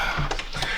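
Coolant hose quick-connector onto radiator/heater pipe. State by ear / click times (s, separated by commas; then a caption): seated / 0.3 s, 0.4 s. After the old retaining clips are pried completely off, a coolant hose quick-connector is pushed onto its radiator or heater pipe and snaps home with two short, sharp clicks at 0.3 and 0.4 seconds over a steady low background hum. The connector is seated, and a pull on it shows it holds and looks fine.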